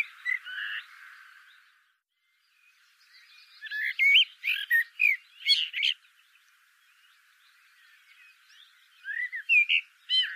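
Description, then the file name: Common blackbird song: a brief warbled phrase, then a longer burst of fluty whistles mixed with high squeaky notes, and a final short phrase after a quieter gap. "Turdus merula"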